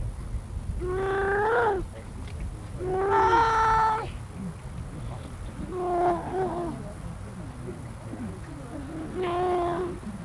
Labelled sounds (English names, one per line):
Grey Seal call